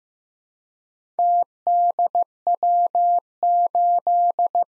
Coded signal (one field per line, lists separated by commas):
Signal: Morse code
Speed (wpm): 15 wpm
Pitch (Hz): 700 Hz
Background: none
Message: TDW8